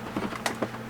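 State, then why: Not seated. A plastic lid is handled onto the work bowl of a Magimix 5200 XL food processor, which holds the mini bowl with the mini blade. There are soft rubbing sounds and two short plastic knocks at about 0.5 s and 0.6 s. Nothing has seated or locked yet.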